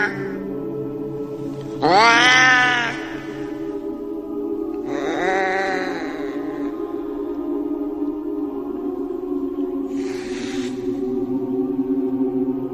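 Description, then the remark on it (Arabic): A cat shut inside a bag yowls in three drawn-out, wavering cries spaced several seconds apart, the first the loudest and the last faint and brief, over a steady low hum with no talking. “في الأول بدأت تصرخ صرخات القطط العادية، لكن بعد كده الصرخات اتحولت وبدأت الشنطة طالع منها صوت، صوت القطط اللي يخوف اللي أنا ما بحبوش.”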